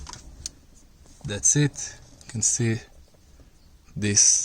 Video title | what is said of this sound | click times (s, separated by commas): Peugeot 307 center console AC climate control stereo replacement how to remove | we need some more leverage you heard the click that's it | 0.5 s